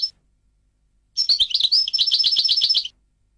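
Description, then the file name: European goldfinch delivering one lively phrase of liquid twittering that speeds into a fast, even trill of bright notes. "audio burung goldfinch"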